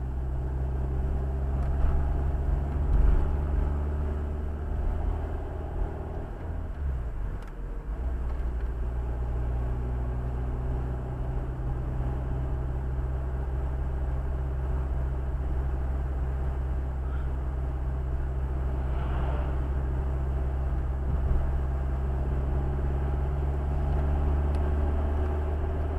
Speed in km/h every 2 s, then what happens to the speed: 41, 44, 47, 46, 46, 48, 50, 50, 50, 50, 51, 53, 57.
0-4 speeds up to 47. 4-21 steady at about 50. 21-26 speeds up to 57.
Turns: none.